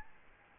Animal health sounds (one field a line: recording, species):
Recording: mosquito wingbeat signal from an infrared sensor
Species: Aedes albopictus